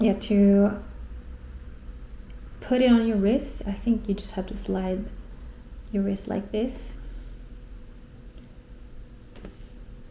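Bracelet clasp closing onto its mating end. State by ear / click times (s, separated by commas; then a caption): seated / 9.4 s. Someone talks while sliding a rigid metal nail-design Cartier Juste un Clou bracelet over the wrist and closing it. The bracelet clasp shuts onto its mating end with a short, faint double click at 9.4 s and 9.5 s, and the bracelet locks into place.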